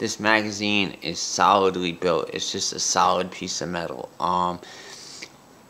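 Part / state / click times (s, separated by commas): follower of a metal BB pistol magazine / seated / 5.2 s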